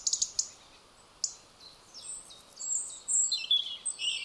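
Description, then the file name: European robin with short high ticks at first, then a run of thin, varied, sliding high notes that rise and fall in quick succession. "Erithacus rubecula"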